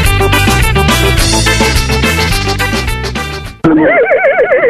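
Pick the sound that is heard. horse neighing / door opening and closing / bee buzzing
horse neighing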